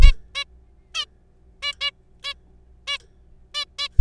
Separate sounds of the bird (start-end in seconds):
0.02-0.12, 0.35-0.44, 0.94-1.05, 1.62-1.72, 1.81-1.91, 2.24-2.34, 2.88-2.98, 3.55-3.65, 3.79-3.88